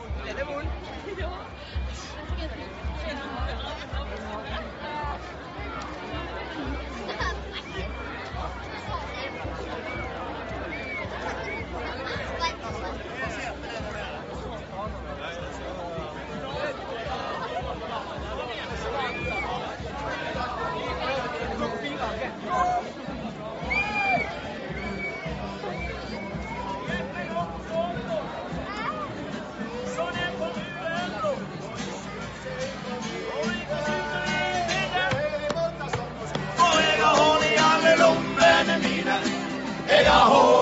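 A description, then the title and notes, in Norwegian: Borgartoget square in Leirvik, filled with a steady babble of overlapping voices and crowd chatter. A low rumble sits underneath during the first few seconds. Toward the end the crowd grows louder and busier, with sharper, brighter sounds breaking through. Borgartoget i Leirvik.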